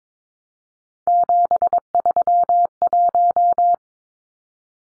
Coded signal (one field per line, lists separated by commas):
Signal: Morse code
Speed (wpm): 22 wpm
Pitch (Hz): 700 Hz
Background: none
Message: 731